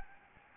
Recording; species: mosquito wingbeat signal from an infrared sensor; Anopheles gambiae